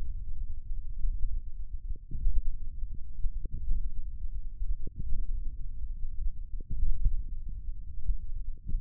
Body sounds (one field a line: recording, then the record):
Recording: forearm muscle sounds (acoustic myography)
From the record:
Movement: thumb flexion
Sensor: system 1, eight BSWA MPA416 microphones around the upper forearm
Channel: 5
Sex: male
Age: 28 years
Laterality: right